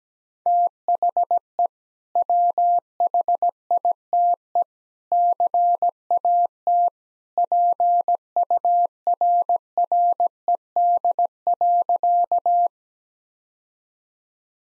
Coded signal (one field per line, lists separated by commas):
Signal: Morse code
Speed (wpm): 17 wpm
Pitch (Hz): 700 Hz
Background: none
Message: THE WHITE CAT PURRED.